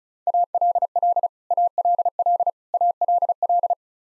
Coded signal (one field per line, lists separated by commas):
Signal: Morse code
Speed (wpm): 34 wpm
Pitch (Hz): 700 Hz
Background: none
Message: ALL ALL ALL